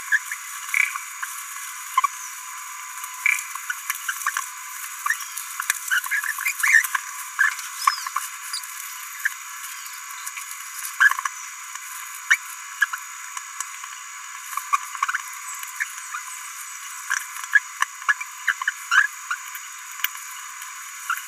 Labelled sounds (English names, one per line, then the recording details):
Green-rumped Parrotlet babbling
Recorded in a nest box in Venezuela
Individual 18B17A3